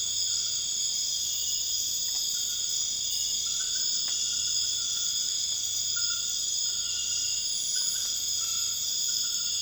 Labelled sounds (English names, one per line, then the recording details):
none
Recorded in dense forest near Puerto Asís, Putumayo, Colombia, on 13 March 2025 at 01:00
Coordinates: 0.481, -76.323
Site G088